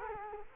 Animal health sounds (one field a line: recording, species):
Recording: mosquito wingbeat signal from an infrared sensor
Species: Culex quinquefasciatus